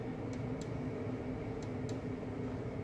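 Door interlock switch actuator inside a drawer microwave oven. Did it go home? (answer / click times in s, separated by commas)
yes / 0.6 s, 1.9 s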